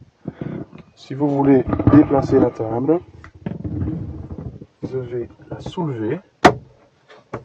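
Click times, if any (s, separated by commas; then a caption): 6.5 s. A van's interior table, resting on a rail, is lifted and moved along it while someone talks. A small, sharp click at 6.4 s marks the table locking into a new position on the rail.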